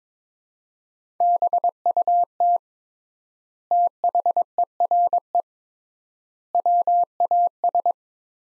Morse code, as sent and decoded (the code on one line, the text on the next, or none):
-... ..- - / - .... . .-. . / .-- .- ...
BUT THERE WAS